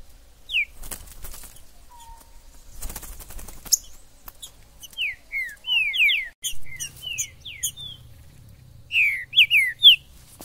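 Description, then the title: Green-winged saltator song in scattered bursts of slurred descending whistles, broken by rustling noise and mixed with high chirps. Wild bird in the forest, chirping, singing and 'macheando' (acting as a male) in a singing dispute; bird called Major; video meant to warm up a pet saltator. "ESQUENTAR Seu TRINCA Piando, Cantando E Macheando Na DISPUTA. TRINCA FERRO no MATO Trinca ferro MAJOR no MATO"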